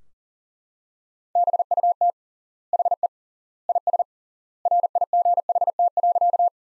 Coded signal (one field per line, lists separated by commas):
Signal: Morse code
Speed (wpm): 40 wpm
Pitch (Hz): 700 Hz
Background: none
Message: BUT HE IS RIGHT.